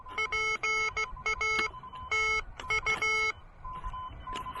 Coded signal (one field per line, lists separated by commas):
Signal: Morse code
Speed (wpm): 16 wpm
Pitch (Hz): 2200 Hz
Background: none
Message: PA TU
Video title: Elecraft KH1 Pedestrian Mobile Quickie POTA Activation!